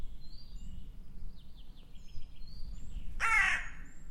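Bird uttering a single harsh, rasping caw near the end, preceded by faint high whistled chirps from other birds and steady low background noise.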